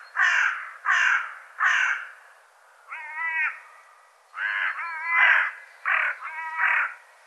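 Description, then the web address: Bird calls: three loud hoarse caws, a nasal drawn note, then a quicker run of harsh overlapping calls. "cianscape birddata"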